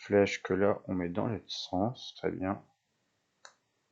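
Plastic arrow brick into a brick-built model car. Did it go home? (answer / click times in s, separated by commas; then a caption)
yes / 3.5 s. Someone talks while an arrow-shaped plastic building brick is lined up the right way and pressed onto a brick-built Cadillac Eldorado model car made from Lego-style bricks that are not Lego. After a short pause, a single sharp, short click at 3.5 s shows the brick has seated in place.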